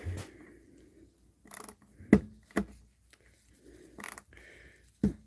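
A screwdriver bit drives a screw and cams out of the screw head, slipping with a sharp click at 2.1 s amid short ratcheting, clicking bursts. The screw head is being stripped because a JIS bit is needed.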